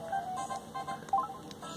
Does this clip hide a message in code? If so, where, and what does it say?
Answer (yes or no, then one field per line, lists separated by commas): no